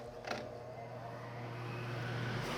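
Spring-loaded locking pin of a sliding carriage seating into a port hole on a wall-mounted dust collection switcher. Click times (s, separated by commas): 0.3 s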